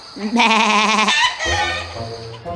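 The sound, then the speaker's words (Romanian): A sheep bleats twice: a loud, wavering, nasal cry followed by a lower, shorter bleat after a brief pause. “Dar ea n-a fost mulțumită și m-a trimis înapoi ca să schimb oaia pe ceva mai bun.”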